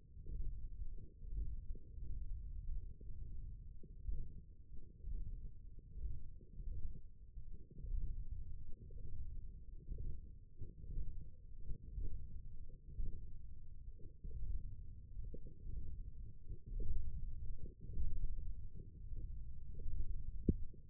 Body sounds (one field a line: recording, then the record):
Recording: forearm muscle sounds (acoustic myography)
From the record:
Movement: finger pinch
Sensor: system 1, eight BSWA MPA416 microphones around the upper forearm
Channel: 5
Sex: male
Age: 20 years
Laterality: left